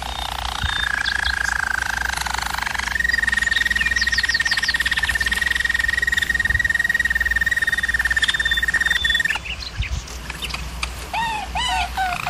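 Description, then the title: German Roller canary song: soft rolling trill building into a long sustained bright trill, then scattered looping whistled notes near the end. German Roller canary singing, for canary training. "German Roller Canary Singing - Canary Training Vid"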